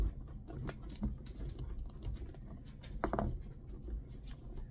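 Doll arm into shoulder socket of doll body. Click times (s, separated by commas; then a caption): 3.0 s. A second vinyl doll arm is pushed onto the shoulder joint of a doll body. Faint handling and rubbing sounds lead up to a quiet click at 3.0 s as the arm seats in the socket. The click is not very loud, but the arm is felt to seat.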